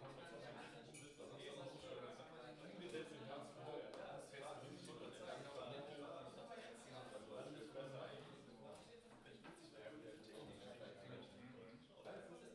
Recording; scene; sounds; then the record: everyday scene through a hearing-aid microphone; many people talking; many voices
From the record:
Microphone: in the ear canal, left